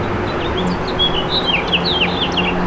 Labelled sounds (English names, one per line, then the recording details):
House Finch song
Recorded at Merrick on Long Island, New York, on 17 May 2013
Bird G